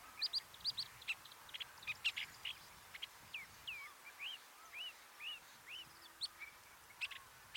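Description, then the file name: Long-tailed shrike singing a varied run: scratchy notes first, then a series of arched whistled notes repeated about twice a second, with softer low whistles beneath. "Ruud van Beusekom - Dlinnohvostyj sorokoput Lanius schach"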